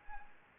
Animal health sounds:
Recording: mosquito wingbeat signal from an infrared sensor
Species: Anopheles gambiae

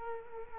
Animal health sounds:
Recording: mosquito wingbeat signal from an infrared sensor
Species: Culex quinquefasciatus

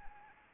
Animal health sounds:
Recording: mosquito wingbeat signal from an infrared sensor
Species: Anopheles arabiensis

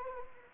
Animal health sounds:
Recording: mosquito wingbeat signal from an infrared sensor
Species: Anopheles gambiae

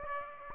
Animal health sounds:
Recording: mosquito wingbeat signal from an infrared sensor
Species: Aedes aegypti

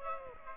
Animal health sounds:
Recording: mosquito wingbeat signal from an infrared sensor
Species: Aedes aegypti

